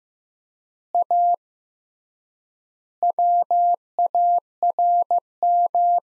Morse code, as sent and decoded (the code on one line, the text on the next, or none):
.- / .-- .- .-. --
A WARM